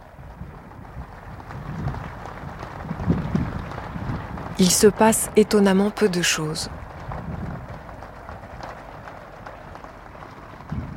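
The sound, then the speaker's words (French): Strong wind roars steadily at an open-air ceremony stage with a row of flags, attended by diplomats and heads of state, a constant rumbling, rushing noise buffeting the microphone throughout, while a voice speaks briefly near the middle over it. “Le vent très fort couvre les voix du public et les échanges hors micro des diplomates et des chefs d'État.”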